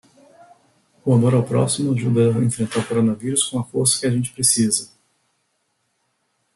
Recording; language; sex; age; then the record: spoken sentence; Brazilian Portuguese; male; 40 to 49 years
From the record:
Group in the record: control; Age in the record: 46 years